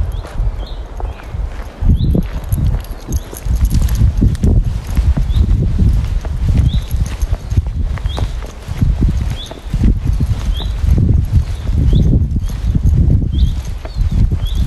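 A walk in the woods with a dog: heavy, rhythmic footfalls and rustling crunch along steadily, swelling and easing every second or two. Short, bright bird chirps repeat about every second above them throughout, with a faint high whine running constantly underneath.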